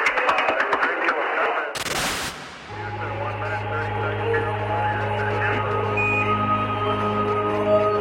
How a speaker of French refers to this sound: C'est fait. L'image est là, vous entendez la salle de presse de Houston qui applaudit.